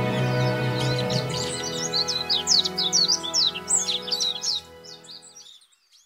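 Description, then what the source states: Warbling white-eye, a fast high twittering warble over background music that fades out, then trailing off into quieter notes. Recorded on the Senami coast, Niigata Prefecture, Japan.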